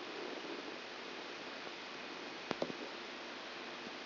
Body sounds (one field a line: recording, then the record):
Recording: brain microelectrode recording played as sound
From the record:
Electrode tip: outside the subthalamic nucleus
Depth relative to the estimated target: -6 mm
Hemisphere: right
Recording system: AlphaMap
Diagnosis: Parkinson's disease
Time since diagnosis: 14 years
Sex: female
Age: 63 years